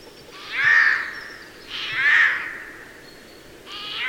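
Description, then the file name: Eurasian jay harsh rasping screeches, two drawn-out calls about a second and a half apart, a third beginning at the end, over faint background hiss. "Garrulus glandarius"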